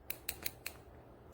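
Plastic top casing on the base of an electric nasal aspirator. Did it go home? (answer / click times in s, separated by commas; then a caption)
released / 0.1 s, 0.3 s, 0.5 s, 0.7 s. Pressing on the small lip under the lock/open area of a GROWNSY electric nasal aspirator separates its plastic top casing from the base. A series of small, sharp plastic clicks sounds at 0.1, 0.3, 0.5 and 0.7 seconds as the snap-fit casing clicks open and releases.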